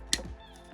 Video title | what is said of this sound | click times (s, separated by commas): Hot Wheels Star Wars Starships Select #14 First Order TIE Fighter Review | which connects to the base like so. Hear that click. | 0.1 s